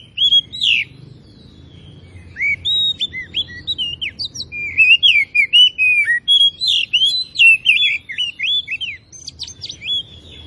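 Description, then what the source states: Oriental magpie-robin in continuous, varied song: clear whistles, downslurred notes and thin high chips running almost without pause, over a low background hum. Kacer from Tretes, singing in full active song (gacor).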